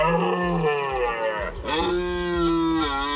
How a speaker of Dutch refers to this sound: Tijdens de bronst vechten de mannetjes herten luid burlend om de vrouwtjes.